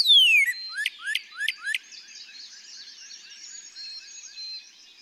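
Northern Cardinal song: one long downward whistle followed by four sharp, quickly rising notes.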